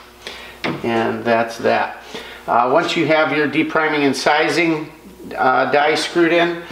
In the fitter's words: caliber snaps right in the press like so